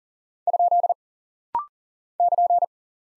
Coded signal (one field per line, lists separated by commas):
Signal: Morse code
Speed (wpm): 41 wpm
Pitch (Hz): 700 Hz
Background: none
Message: ? <KN>